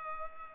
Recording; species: mosquito wingbeat signal from an infrared sensor; Culex pipiens